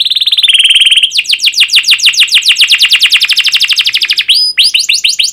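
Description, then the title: Canary song: fast rolling tours of rapid high chirps, opening with a steady trill, then a long run of quick downward-sweeping notes and a brief whistled note near the end. Energetic fast-paced canary song with dense 'cuit cuit' chirping, used as a lure to prompt young canaries learning to sing. "Kenari Gacor Speed RAPAT Cuit Cuit Ngero L Suara Bagus Untuk Pancingan Kenari Paud Belajar Bunyi"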